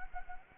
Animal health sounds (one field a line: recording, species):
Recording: mosquito wingbeat signal from an infrared sensor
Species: Anopheles gambiae